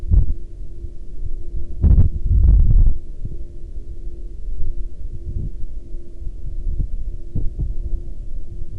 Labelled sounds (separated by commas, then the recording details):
wind, man-made sound
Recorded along the Dalton Highway, Alaska, on 24 October 2019 at 08:00
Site 07